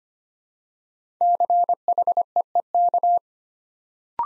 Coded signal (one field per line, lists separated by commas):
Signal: Morse code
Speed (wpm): 25 wpm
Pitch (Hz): 700 Hz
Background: none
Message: CHEEK